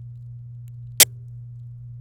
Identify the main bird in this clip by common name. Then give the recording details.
Domestic Canary. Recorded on 27 April 2018 at 07:48. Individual llb3